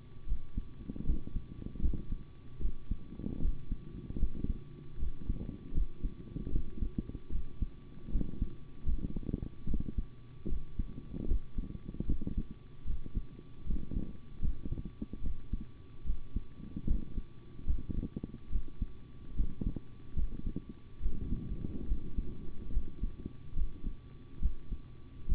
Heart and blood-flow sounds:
heart sounds by stethoscope; between the tricuspid and mitral areas; 74 bpm
0.26 s: heartbeat
1.05 s: heartbeat
1.80 s: heartbeat
2.60 s: heartbeat
3.40 s: heartbeat
4.18 s: heartbeat
4.98 s: heartbeat
5.73 s: heartbeat
6.50 s: heartbeat
7.30 s: heartbeat
8.10 s: heartbeat
8.84 s: heartbeat
9.66 s: heartbeat
10.47 s: heartbeat
11.26 s: heartbeat
12.06 s: heartbeat
12.85 s: heartbeat
13.65 s: heartbeat
14.40 s: heartbeat
15.21 s: heartbeat
16.04 s: heartbeat
16.86 s: heartbeat
17.65 s: heartbeat
18.50 s: heartbeat
19.35 s: heartbeat
20.15 s: heartbeat
21.00 s: heartbeat
21.86 s: heartbeat
22.71 s: heartbeat
23.54 s: heartbeat
24.40 s: heartbeat
25.27 s: heartbeat
From the record:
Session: rest, sitting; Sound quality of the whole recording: good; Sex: male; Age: 25 years

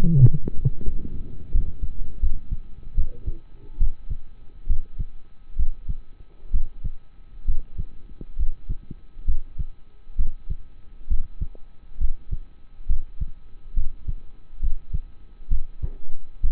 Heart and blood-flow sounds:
heart sounds by stethoscope; between the tricuspid and mitral areas; 70 bpm
0.15 s: heartbeat
0.84 s: heartbeat
1.52 s: heartbeat
2.20 s: heartbeat
2.95 s: heartbeat
3.78 s: heartbeat
4.67 s: heartbeat
5.57 s: heartbeat
6.52 s: heartbeat
7.46 s: heartbeat
8.37 s: heartbeat
9.26 s: heartbeat
10.16 s: heartbeat
11.08 s: heartbeat
11.98 s: heartbeat
12.87 s: heartbeat
13.74 s: heartbeat
14.60 s: heartbeat
15.49 s: heartbeat
16.41 s: heartbeat
From the record:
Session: rest, lying down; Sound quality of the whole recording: partially saturated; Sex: male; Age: 27 years

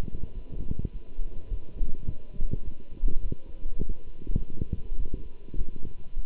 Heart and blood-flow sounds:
heart sounds by stethoscope; between the tricuspid and mitral areas; 103 bpm
0.35 s: heartbeat
0.93 s: heartbeat
1.50 s: heartbeat
2.07 s: heartbeat
2.65 s: heartbeat
3.23 s: heartbeat
3.80 s: heartbeat
4.38 s: heartbeat
4.99 s: heartbeat
5.58 s: heartbeat
6.16 s: heartbeat
From the record:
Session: walking at 3.7 km/h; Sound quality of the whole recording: good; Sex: male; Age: 24 years

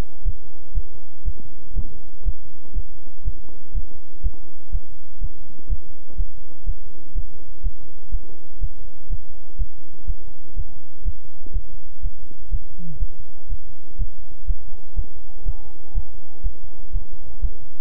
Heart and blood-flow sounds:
heart sounds by stethoscope; between the tricuspid and mitral areas; 122 bpm
0.23 s: heartbeat
0.73 s: heartbeat
1.24 s: heartbeat
1.74 s: heartbeat
2.24 s: heartbeat
2.73 s: heartbeat
3.23 s: heartbeat
3.73 s: heartbeat
4.22 s: heartbeat
4.70 s: heartbeat
5.19 s: heartbeat
5.68 s: heartbeat
6.16 s: heartbeat
6.64 s: heartbeat
7.13 s: heartbeat
7.62 s: heartbeat
8.10 s: heartbeat
8.59 s: heartbeat
9.08 s: heartbeat
9.57 s: heartbeat
10.06 s: heartbeat
10.54 s: heartbeat
11.03 s: heartbeat
11.52 s: heartbeat
12.01 s: heartbeat
12.49 s: heartbeat
12.98 s: heartbeat
13.48 s: heartbeat
13.97 s: heartbeat
14.46 s: heartbeat
14.95 s: heartbeat
15.44 s: heartbeat
15.93 s: heartbeat
16.42 s: heartbeat
16.91 s: heartbeat
17.40 s: heartbeat
From the record:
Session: bicycle stress test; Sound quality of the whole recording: good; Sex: male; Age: 26 years

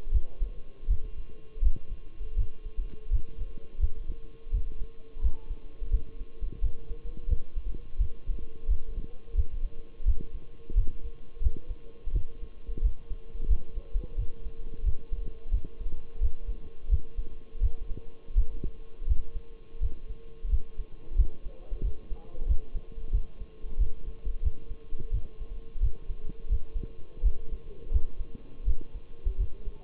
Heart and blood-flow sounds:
heart sounds by stethoscope; between the tricuspid and mitral areas; 86 bpm
0.13 s: heartbeat
0.89 s: heartbeat
1.64 s: heartbeat
2.37 s: heartbeat
3.12 s: heartbeat
3.81 s: heartbeat
4.53 s: heartbeat
5.23 s: heartbeat
5.92 s: heartbeat
6.63 s: heartbeat
7.30 s: heartbeat
8.00 s: heartbeat
8.69 s: heartbeat
9.36 s: heartbeat
10.07 s: heartbeat
10.77 s: heartbeat
11.43 s: heartbeat
12.14 s: heartbeat
12.83 s: heartbeat
13.49 s: heartbeat
14.18 s: heartbeat
14.85 s: heartbeat
15.53 s: heartbeat
16.22 s: heartbeat
16.91 s: heartbeat
17.62 s: heartbeat
18.37 s: heartbeat
19.08 s: heartbeat
19.82 s: heartbeat
20.51 s: heartbeat
21.17 s: heartbeat
21.84 s: heartbeat
22.48 s: heartbeat
23.14 s: heartbeat
23.80 s: heartbeat
24.44 s: heartbeat
25.13 s: heartbeat
25.82 s: heartbeat
26.51 s: heartbeat
27.24 s: heartbeat
27.93 s: heartbeat
28.67 s: heartbeat
29.39 s: heartbeat
From the record:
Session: Bruce protocol treadmill stress test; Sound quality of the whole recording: partially saturated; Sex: male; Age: 23 years

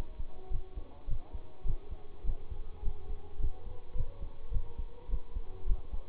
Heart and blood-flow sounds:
heart sounds by stethoscope; between the tricuspid and mitral areas; 105 bpm
0.50 s: heartbeat
1.07 s: heartbeat
1.64 s: heartbeat
2.24 s: heartbeat
2.82 s: heartbeat
3.38 s: heartbeat
3.94 s: heartbeat
4.51 s: heartbeat
5.08 s: heartbeat
5.66 s: heartbeat
From the record:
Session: bicycle stress test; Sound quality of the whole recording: good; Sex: male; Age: 26 years

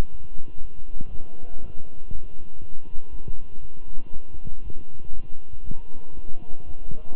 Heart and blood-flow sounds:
heart sounds by stethoscope; between the tricuspid and mitral areas; 119 bpm
0.11 s: heartbeat
0.61 s: heartbeat
1.11 s: heartbeat
1.60 s: heartbeat
2.11 s: heartbeat
2.61 s: heartbeat
3.11 s: heartbeat
3.61 s: heartbeat
4.12 s: heartbeat
4.63 s: heartbeat
5.13 s: heartbeat
5.64 s: heartbeat
6.15 s: heartbeat
6.65 s: heartbeat
7.15 s: heartbeat
From the record:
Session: walking at 3.7 km/h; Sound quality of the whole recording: good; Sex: male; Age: 23 years

